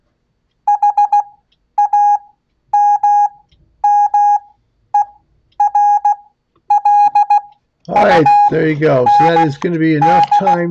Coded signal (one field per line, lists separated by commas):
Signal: Morse code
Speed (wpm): 16 wpm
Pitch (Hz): 820 Hz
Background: speech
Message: HAMMERLUND